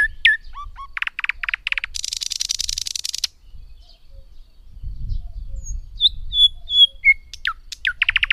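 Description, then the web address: Thrush nightingale song: clipped notes and short rattles, a harsh buzzy burst, then whistled slurred notes and clicks ending in another quick rattle; soft rumble beneath. "Madardalok Nagy fülemüle"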